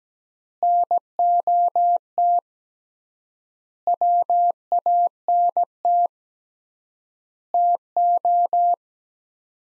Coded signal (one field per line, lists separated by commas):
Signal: Morse code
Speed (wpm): 17 wpm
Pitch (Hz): 700 Hz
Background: none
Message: NOT WANT TO